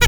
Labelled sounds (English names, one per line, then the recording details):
Zebra Finch stack call
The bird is a male
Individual mal11